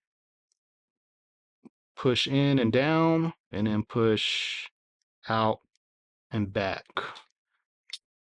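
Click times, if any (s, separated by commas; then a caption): 7.9 s. Someone talks while pushing a plastic part of a Threezero Robotech ROBO-DOU VF-1J Veritech transformable robot figure in and down, then out and back. The part snaps into place with a short click at 7.9 s and is seated.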